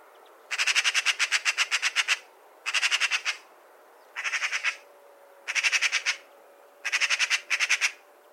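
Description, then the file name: Eurasian magpie chattering in harsh, rapid rattles: several separate bursts of fast repeated dry notes with short pauses between them. "Pica pica"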